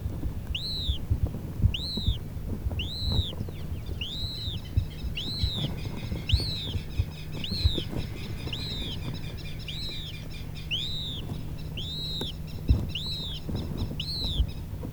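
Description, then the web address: Noble snipe calls: clear arched notes, rising then falling, repeated regularly, over steady low rumbling background noise. "Noble snipe. صدای-پرنده-پاشلک-اشرافی"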